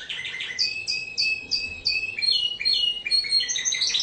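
Bird song with repeated high whistled slurs and sharp chirps delivered in a brisk, continuous stream of varied notes.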